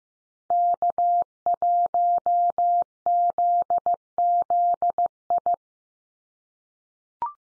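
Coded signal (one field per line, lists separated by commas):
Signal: Morse code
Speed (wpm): 15 wpm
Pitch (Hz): 700 Hz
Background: none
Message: K1ZZI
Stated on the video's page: Call signs sent at 15 wpm for head-copy practice, each sent in Morse, then spoken, then sent again.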